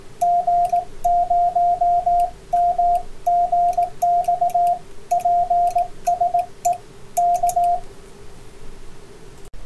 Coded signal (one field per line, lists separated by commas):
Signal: Morse code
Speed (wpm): 18 wpm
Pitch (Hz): 700 Hz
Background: radio noise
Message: G0MGX PSE K